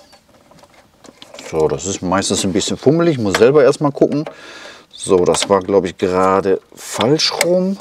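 Someone fumbles the plastic connector of a Bluetooth adapter's extra wiring harness toward the wiring plug at the back of an Opel CD30 MP3 car radio, trying to fit it in the right way round. Faint handling sounds and a brief tick are heard near the start while someone talks through most of the clip. Nothing has seated or clicked into place yet.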